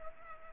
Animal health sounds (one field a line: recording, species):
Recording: mosquito wingbeat signal from an infrared sensor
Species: Culex pipiens